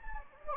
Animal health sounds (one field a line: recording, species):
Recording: mosquito wingbeat signal from an infrared sensor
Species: Anopheles gambiae